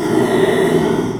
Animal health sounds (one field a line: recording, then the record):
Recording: squeal of a Yucatan mini pig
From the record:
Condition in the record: after surgery on the right vocal fold (resection and tissue-engineered implant)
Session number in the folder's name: 1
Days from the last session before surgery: 6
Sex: male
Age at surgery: 12 weeks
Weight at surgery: 13 kg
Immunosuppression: cyclosporine, prednisolone